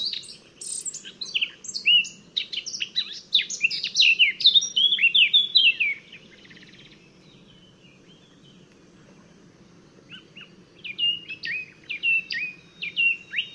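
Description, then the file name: Eurasian blackcap song: a six-second run of rapid, varied warbling and chattering notes, silence for about four seconds, then a shorter, softer warbled phrase. "Sylvia atricapilla"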